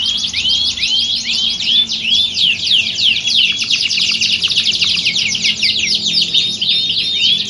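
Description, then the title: Canary song of curved whistled notes strung in rapid series, mixed with fine buzzy trills, continuing evenly to the end. Belgian canary; warm-up song used for singing contest training, simulating a contest to train a champion canary's mentality. "Canto Para Esquentar Canário Belga. Simulasi Lomba Kenari. Suara Kenari Lomba. Melatih Mental Kenari Juara"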